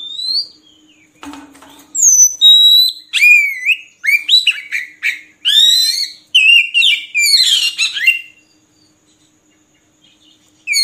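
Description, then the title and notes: Oriental magpie-robin song: a descending whistle, then a long sequence of swooping whistled notes and chattering trills, followed by quiet. Long-duration filler (isian) song recording for training magpie-robins to sing actively (gacor) day and night. "Kacer Jadi Gacor Siang Malam. Isian Kacer Durasi Panjang"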